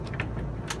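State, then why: Not seated. The folding leg of an RV dinette table is handled as the table is pulled away from the wall and the leg swings down. Short knocking and rattling sounds are heard, with a brighter clatter near 0.2 s and again around 0.7 s. Nothing has seated or locked into place yet.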